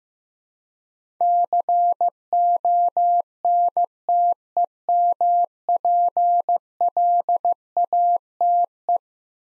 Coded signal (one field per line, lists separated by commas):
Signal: Morse code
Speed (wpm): 15 wpm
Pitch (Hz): 700 Hz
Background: none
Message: CONTEMPLATE